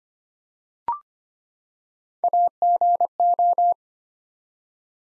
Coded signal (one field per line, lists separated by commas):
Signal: Morse code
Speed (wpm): 25 wpm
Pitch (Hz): 700 Hz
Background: none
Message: AGO